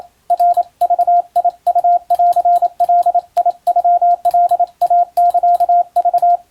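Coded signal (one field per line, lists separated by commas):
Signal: Morse code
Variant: Japanese Wabun code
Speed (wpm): 27 wpm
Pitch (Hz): 700 Hz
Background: radio noise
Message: ナグウンガノカイサク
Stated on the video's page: Japanese-language (wabun) Morse radiotelegram practice in the style of ship-to-coast-station traffic, for amateur radio training.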